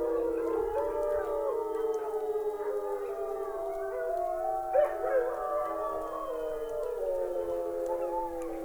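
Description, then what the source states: Wolf: chorus of wolves howling, steady long drawn-out tones layered over one another, with a brief burst of yips midway. Several wolves howling together.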